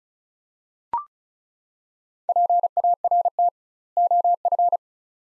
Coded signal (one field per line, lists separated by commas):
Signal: Morse code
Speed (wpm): 36 wpm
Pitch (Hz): 700 Hz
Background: none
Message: PART OF